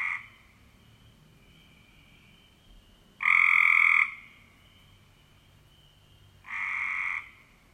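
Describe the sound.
Cope's gray treefrog: the tail of one trill, then two fast harsh trills about three seconds apart, the first louder, over a thin high tone.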